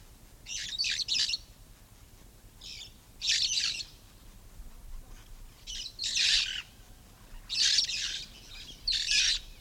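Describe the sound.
Red-fronted parrot giving harsh, grating screeches in several short bursts separated by quiet gaps.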